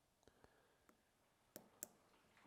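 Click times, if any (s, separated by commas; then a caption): 1.6 s, 1.8 s. A small internal trigger/grip part is worked into the grip frame of a TP22 airsoft pistol during grip assembly. After a few faint handling ticks, two quick, sharp small clicks sound at 1.6 and 1.8 seconds as the part hooks into place. The part is seated.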